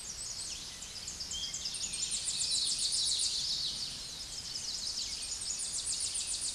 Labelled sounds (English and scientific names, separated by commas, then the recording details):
Tennessee Warbler (Leiothlypis peregrina) song
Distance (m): 25 m
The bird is about 15 m above the microphone
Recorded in a Pennsylvania forest on 16 May 2024 at 08:28
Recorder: AudioMoth, point MSD-2143
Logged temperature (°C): 16.0 °C
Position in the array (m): 66 m, 165 m